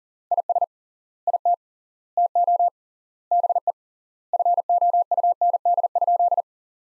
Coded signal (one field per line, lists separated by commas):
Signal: Morse code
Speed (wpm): 37 wpm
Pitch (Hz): 700 Hz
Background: none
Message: IS IT TO BE FOUND?